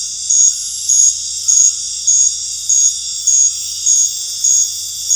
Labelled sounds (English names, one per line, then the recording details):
none
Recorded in dense forest near Puerto Asís, Putumayo, Colombia, on 13 March 2025 at 20:00
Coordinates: 0.484, -76.317
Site G064